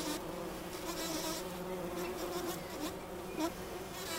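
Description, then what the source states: Bumblebee drone, low and continuous, partly masked by rustling and clicking noises, with a short louder swell near the end. Recorded in Wülfel, Hannover, Germany.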